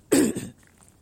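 A single brief, rough throat clear from an adult, lasting about half a second; an ordinary voluntary clearing, made outdoors.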